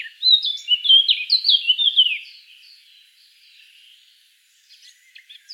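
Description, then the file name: Eurasian blackcap singing a bright, loud run of fluty, slurred whistles for about two seconds, trailing into soft, quiet warbling and a few faint notes. "Sylvia atricapilla"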